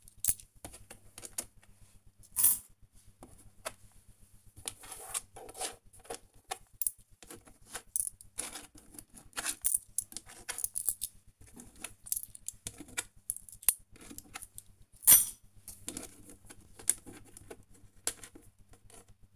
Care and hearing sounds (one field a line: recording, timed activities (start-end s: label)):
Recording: household activities, microphone on the right wrist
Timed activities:
0.00-19.36 s: tidy up the cupboard